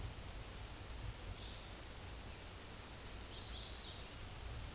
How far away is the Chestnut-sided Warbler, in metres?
about 45 m